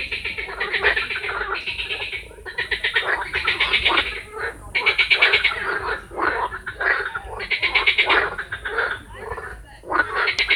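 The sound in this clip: Frogs croaking: rapid rattling pulsed bursts, repeated again and again with short gaps.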